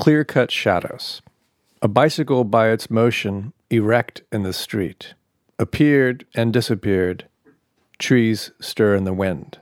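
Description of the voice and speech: A low-pitched adult male voice reads short poetic phrases aloud in a small room, with frequent pauses between lines. Articulation is clear and the voice steady, with ordinary fluent speech and no signs of a speech or voice disorder.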